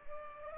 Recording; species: mosquito wingbeat signal from an infrared sensor; Culex pipiens